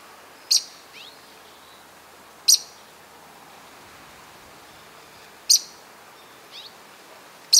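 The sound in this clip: Bird giving sharp, very high single chips, four in all, spaced about two to three seconds apart, with faint short slurred notes between and a quiet hiss behind.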